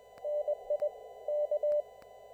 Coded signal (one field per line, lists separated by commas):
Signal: Morse code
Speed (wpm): 20 wpm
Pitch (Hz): 590 Hz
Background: none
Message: NI K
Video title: Formal Traffic Net using CW (Morse Code)